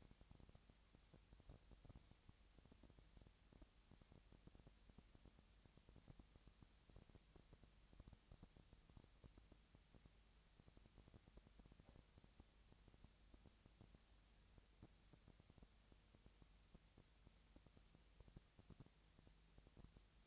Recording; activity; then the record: daily activity, microphone in the room; no activity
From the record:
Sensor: 3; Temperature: 20.6 degrees Celsius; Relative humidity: 35.7%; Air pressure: 998.7 hPa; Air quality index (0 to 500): 236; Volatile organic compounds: 72 ppm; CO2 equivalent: 3534 ppm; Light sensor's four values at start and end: 2/3/2/2 and 2/3/2/2